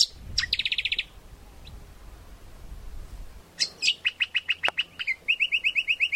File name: audio lichmera indistincta